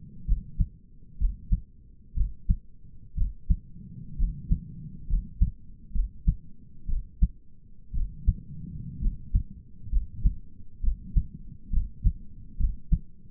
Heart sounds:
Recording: heart sounds by stethoscope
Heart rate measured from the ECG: 63 bpm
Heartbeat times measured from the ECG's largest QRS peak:
0.27 s: heartbeat
1.19 s: heartbeat
2.16 s: heartbeat
3.17 s: heartbeat
4.18 s: heartbeat
5.09 s: heartbeat
5.94 s: heartbeat
6.89 s: heartbeat
7.94 s: heartbeat
9.02 s: heartbeat
9.92 s: heartbeat
10.83 s: heartbeat
11.73 s: heartbeat
12.59 s: heartbeat
From the record:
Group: healthy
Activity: rest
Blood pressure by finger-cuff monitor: 97/64 mmHg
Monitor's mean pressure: 76 mmHg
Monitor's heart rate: 65 bpm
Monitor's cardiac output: 5.5 L/min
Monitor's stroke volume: 89 mL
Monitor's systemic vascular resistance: 980 dyn s/cm5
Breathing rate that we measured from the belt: 14 breaths a minute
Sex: male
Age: 22 years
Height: 181 cm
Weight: 79 kg

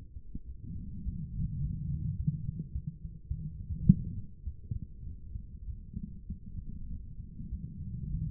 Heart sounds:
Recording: heart sounds by stethoscope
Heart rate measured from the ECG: 102 bpm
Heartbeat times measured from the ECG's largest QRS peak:
0.45 s: heartbeat
1.03 s: heartbeat
1.61 s: heartbeat
2.17 s: heartbeat
2.73 s: heartbeat
3.28 s: heartbeat
3.85 s: heartbeat
4.44 s: heartbeat
5.04 s: heartbeat
5.65 s: heartbeat
6.27 s: heartbeat
6.89 s: heartbeat
7.49 s: heartbeat
8.09 s: heartbeat
From the record:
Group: healthy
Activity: cold pressor test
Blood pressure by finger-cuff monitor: 108/68 mmHg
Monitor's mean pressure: 84 mmHg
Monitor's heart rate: 100 bpm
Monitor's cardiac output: 8.3 L/min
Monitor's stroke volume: 81 mL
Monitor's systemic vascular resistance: 770 dyn s/cm5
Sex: female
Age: 24 years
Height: 163 cm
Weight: 55.7 kg

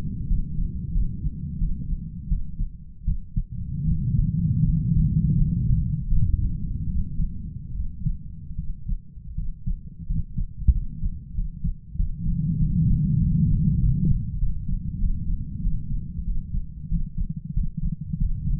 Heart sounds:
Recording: heart sounds by stethoscope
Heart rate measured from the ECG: 87 bpm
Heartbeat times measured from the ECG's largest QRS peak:
0.27 s: heartbeat
0.92 s: heartbeat
1.58 s: heartbeat
2.29 s: heartbeat
3.05 s: heartbeat
3.85 s: heartbeat
4.63 s: heartbeat
5.36 s: heartbeat
6.08 s: heartbeat
6.88 s: heartbeat
7.73 s: heartbeat
8.56 s: heartbeat
9.35 s: heartbeat
10.07 s: heartbeat
10.72 s: heartbeat
11.35 s: heartbeat
11.96 s: heartbeat
12.58 s: heartbeat
13.19 s: heartbeat
13.79 s: heartbeat
14.38 s: heartbeat
14.99 s: heartbeat
15.62 s: heartbeat
16.25 s: heartbeat
16.89 s: heartbeat
17.54 s: heartbeat
18.18 s: heartbeat
From the record:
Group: healthy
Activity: rest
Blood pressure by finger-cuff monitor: 128/78 mmHg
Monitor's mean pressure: 97 mmHg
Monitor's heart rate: 85 bpm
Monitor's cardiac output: 6.9 L/min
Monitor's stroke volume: 86 mL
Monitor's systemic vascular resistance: 1050 dyn s/cm5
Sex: male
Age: 33 years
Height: 179 cm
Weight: 80.4 kg

